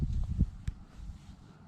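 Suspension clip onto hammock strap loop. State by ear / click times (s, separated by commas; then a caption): seated / 0.7 s. A metal clip on a hammock suspension is snapped onto the strap loop. It makes a faint click at 0.7 s over low rumbling and handling noise, and the clip seats.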